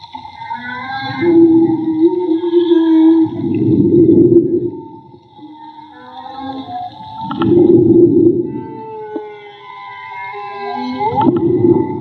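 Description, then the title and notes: Whale song with sustained tonal moans and rumbling pulses recurring at intervals, with thin higher tones above. Whale song recorded underwater with a handmade Magma hydrophone during marine soundscape field recording, Gulf of Tribugá. "CANTO DE BALLENAS CON UN HIDROFONO MAGMA. Limpeza de sonido. Construcción de Hidrofonos y grabación de Campo. registro del canto de las ballenas. Radio Juntanza"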